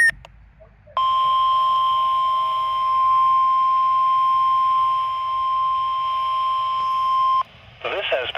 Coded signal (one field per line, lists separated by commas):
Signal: Emergency Alert System (SAME) tones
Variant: 1050 Hz attention tone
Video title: WELL HELLO WAKEFIELD?! KJY99 RWT??? EAS #191